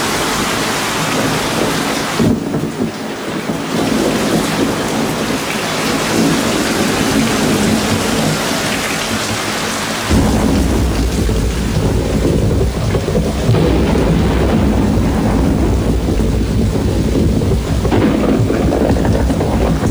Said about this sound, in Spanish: La paró la lluvia y el que la inventó. Lluvia cae lentamente sobre mí. Ay, pero si será posible, che, ¿no pensará parar nunca?